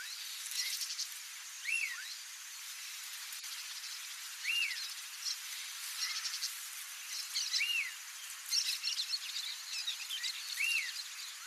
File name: Canto do guaracava grande